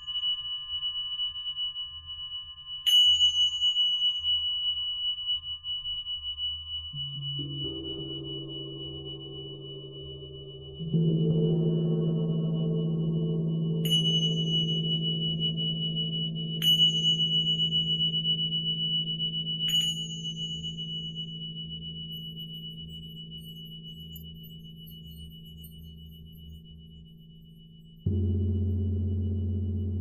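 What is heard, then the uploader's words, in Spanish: Tibetan singing bowls ring out in long, slowly fading tones, with a thin high whine held steady the whole time. Deeper bowls are struck around seven, eleven and twenty-eight seconds, each swelling the low hum, while soft metallic taps chime occasionally above. Cuencos Tibetanos.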